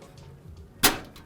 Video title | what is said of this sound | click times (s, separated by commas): BEST $1000 Gaming & Streaming PC Build Guide (2022) | push until it clicks. There we go. | 0.8 s